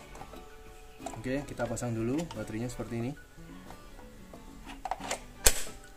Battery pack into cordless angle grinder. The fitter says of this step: sampai terdengar bunyi klik.